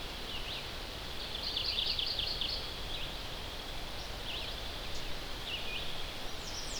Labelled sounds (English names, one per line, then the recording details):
Red-eyed Vireo song
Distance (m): 95 m
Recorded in boreal forest in Alberta, Canada, on 10 June 2016 at 06:52
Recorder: SongMeter 3, array SBT-3-39
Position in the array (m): 200 m, 125 m